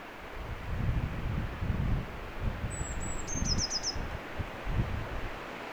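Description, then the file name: Eurasian blue tit with a single high phrase, two thin piping notes stepping down into a rapid four-note trill, against a backdrop of low rustling wind noise. "Cyanistes caeruleus"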